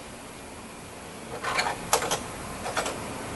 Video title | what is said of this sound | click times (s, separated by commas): 2008-2013 Toyota Highlander Front Brake Pads | and they just snap right in | 1.9 s